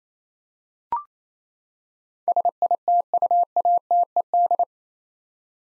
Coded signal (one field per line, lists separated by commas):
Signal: Morse code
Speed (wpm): 28 wpm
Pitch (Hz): 700 Hz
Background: none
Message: SITUATED